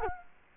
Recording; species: mosquito wingbeat signal from an infrared sensor; Culex quinquefasciatus